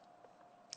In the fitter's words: it's up to you right and left-handed no problem and it just clicks into place um